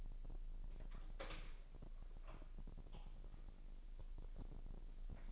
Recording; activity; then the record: daily activity, microphone in the room; open door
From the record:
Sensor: 5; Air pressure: 1001.3 hPa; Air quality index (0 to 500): 248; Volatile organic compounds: 35 ppm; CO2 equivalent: 3063 ppm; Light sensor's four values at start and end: 36/83/33/31 and 36/83/33/31